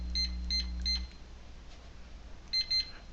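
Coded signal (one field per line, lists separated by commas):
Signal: beep code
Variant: Rosslare keypad reader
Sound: three short high electronic beeps, a low hum stopping, then two more beeps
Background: low electrical hum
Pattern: 3 short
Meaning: Reader reset to factory default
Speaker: Three beeps and back to the left. And now we are back at factory default.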